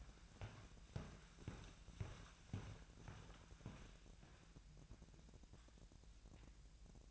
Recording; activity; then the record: daily activity, microphone in the room; walk to room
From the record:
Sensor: 2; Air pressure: 1012.1 hPa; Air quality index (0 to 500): 143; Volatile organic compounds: 2 ppm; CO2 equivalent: 1040 ppm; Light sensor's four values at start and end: 69/166/67/64 and 72/173/71/67